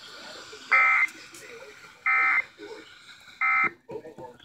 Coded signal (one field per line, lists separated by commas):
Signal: Emergency Alert System (SAME) tones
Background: speech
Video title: Severe Thunderstorm Warning McLean IL (EAS 415-417)